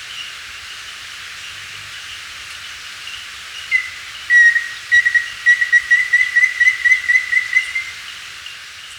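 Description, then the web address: Chestnut-naped antpitta: after a quiet start, a quick string of short, clear whistled notes, each slightly rising and falling, over a steady high hiss. Recorded in Ecuador. "Birds of Ecuador 2. Chestnut-Naped Antpitta"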